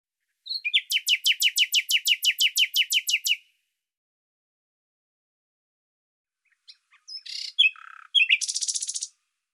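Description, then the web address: Bird song: a fast, even series of many high, downslurred notes, a pause of several seconds, then a varied phrase of chirps ending in a buzzy trill. "Deverinetal 2025"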